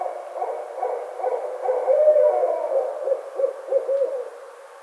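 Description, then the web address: Barred owl delivers a loud, continuous run of overlapping low hoots with a drawn-out wavering note near the middle, then spaced short hoots that fade. Recorded 25 May 2009. "Barred Owl 2009 05 25 Barred Owl"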